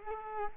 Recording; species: mosquito wingbeat signal from an infrared sensor; Culex quinquefasciatus